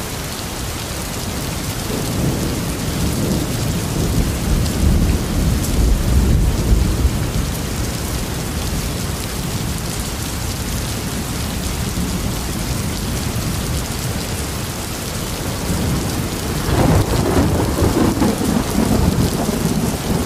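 A storm with steady, dense rain hissing across the whole clip, the drops packed close together. Low thunder rumbles underneath, swelling from about two to eight seconds and again near seventeen seconds, fairly distant and rolling rather than sharp.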